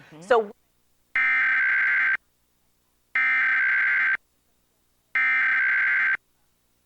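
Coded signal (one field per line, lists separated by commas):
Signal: Emergency Alert System (SAME) tones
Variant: header bursts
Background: speech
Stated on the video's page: National Periodic Test of the Emergency Alert System, nationwide live activation, as aired by San Antonio TV and radio stations and stations in Wyoming and Virginia.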